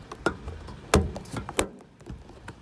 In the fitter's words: You just press it in. You should hear clicks from the clip. Plastic.